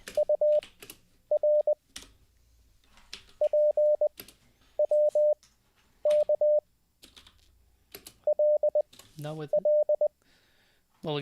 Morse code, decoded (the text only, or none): UR PWK LLE